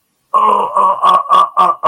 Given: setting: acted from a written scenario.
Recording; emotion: vocal sound without words; pain